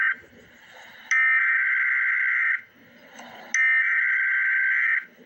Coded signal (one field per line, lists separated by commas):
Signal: Emergency Alert System (SAME) tones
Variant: header bursts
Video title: Emergency Alert System - Special Weather Statement - Jan 14, 2025 at 5:13 PM EST